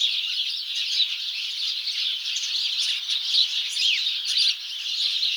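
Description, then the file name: House sparrows chirping together, a thick wash of quick chirps, briefly dipping in loudness near the end before resuming. "Passer domesticus"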